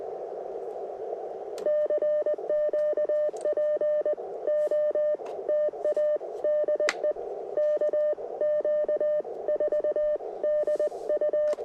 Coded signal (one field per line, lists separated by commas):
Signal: Morse code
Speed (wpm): 20 wpm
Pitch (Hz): 590 Hz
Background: none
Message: CQ POTA DE KQ4DU